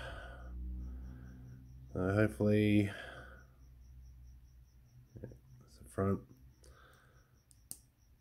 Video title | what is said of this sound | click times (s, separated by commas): TRAP JAW LASER CANNON | ah see nice little click that's in | 7.7 s